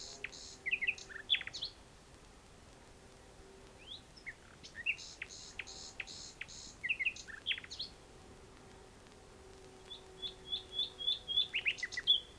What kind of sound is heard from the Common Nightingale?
song